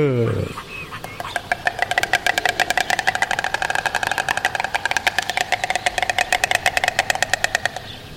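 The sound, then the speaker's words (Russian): Two white storks on a nest clatter their bills together in a duet as a courtship display, nodding and bending their necks: a loud, rapid, wooden rattling of dense clicks that runs steadily for several seconds after a brief voice at the start. “Да, они кивают, сгибают шею и стучат клювами. Такой получается дуэт, два аиста на гнезде.”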